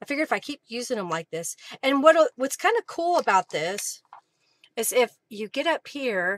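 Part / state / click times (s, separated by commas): small magnet onto its matching magnet through a paper journal page / not seated / none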